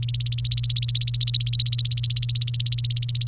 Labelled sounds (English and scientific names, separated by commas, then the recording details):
Domestic Canary (Serinus canaria) song
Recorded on 29 April 2018 at 13:44
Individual llb3